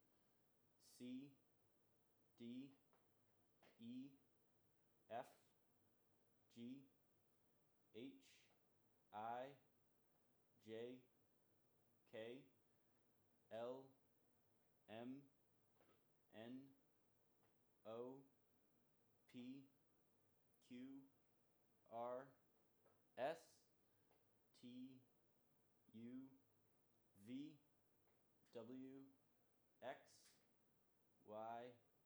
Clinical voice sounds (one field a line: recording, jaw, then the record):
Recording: letters of the alphabet, spoken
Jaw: free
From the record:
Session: first day, before the bite bar